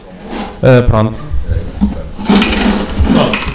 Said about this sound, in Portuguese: eu vou-te pedir que baralhes aqui a tombola.